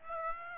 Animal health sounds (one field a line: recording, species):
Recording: mosquito wingbeat signal from an infrared sensor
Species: Aedes aegypti